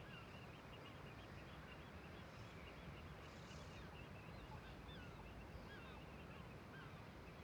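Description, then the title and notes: Gulls giving a steady chorus of short, overlapping alarm calls from many birds, over a constant low rumble. Gulls alarmed in a huge cliff cirque above Viðarlundin forest, Kunoy, Faroe Islands; recordist kept distance; quadraphonic recording on MixPre6II with DPA 4021 and 4022 microphones. "Le Palais des mouettes . Grand Cirque . Kunoy, Îles Féroé. Iles Féroé, KUNOY, nous sommes au dessus la forêt de Viðarlundin í Kunoy, le Cirque est énorme et les mouettes et autres oiseaux se mettent en alerte"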